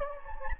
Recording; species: mosquito wingbeat signal from an infrared sensor; Anopheles gambiae